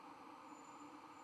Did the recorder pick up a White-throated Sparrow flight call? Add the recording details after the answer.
no. No flight call is heard. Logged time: 22:46 on 31 October 2014